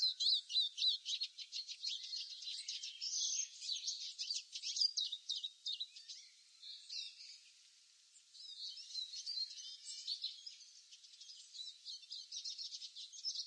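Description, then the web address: Eurasian siskin calls, a dense run of high, thin twittering chirps, rapid and uneven, with a short lull midway before the chatter resumes. "siskin bird call"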